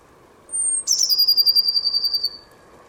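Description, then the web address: Bird call: a sustained high piping note, then a quick rattling trill that falls steadily in pitch, against a faint low background hum. "cianscape birddata Deverinetal 2025 Bird Only Cy Ca"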